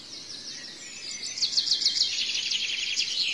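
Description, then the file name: Shrike song: a continuous stream of high, fast twittering notes, louder in the second half. "canto do picanco grande"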